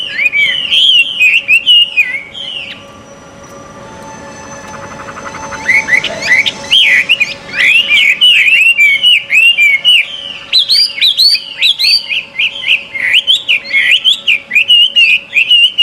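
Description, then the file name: Chinese hwamei song: rich looping whistles repeated in rapid series, a brief quieter break partway through, then a long run of fast, varied whistled phrases. Recorded at a bird gathering. "audio-gathering-hwamei 1-omkicau"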